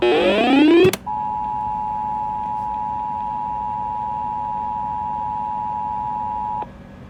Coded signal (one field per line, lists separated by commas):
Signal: Emergency Alert System (SAME) tones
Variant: 853 and 960 Hz attention tone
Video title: WBES shows itself. FFW on 12 stations (8/5/22) EAS 1367-1379